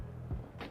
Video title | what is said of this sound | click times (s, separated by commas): House of Gog Klaw Space Ravager Statue Unboxing | and it pops right in, and That's how that looks, right? | 0.6 s